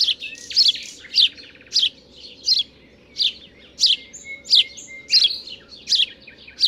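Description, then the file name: House sparrow chirping in a quick series of harsh notes, about ten in under seven seconds, with a soft low droning background. "Passer domesticus"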